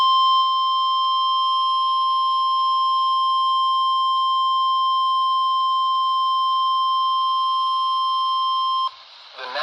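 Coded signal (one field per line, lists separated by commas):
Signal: Emergency Alert System (SAME) tones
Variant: 1050 Hz attention tone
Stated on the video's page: NOAA Weather Radio warning from 162.500 MHz, received about 82 miles away on a RadioShack 12-254.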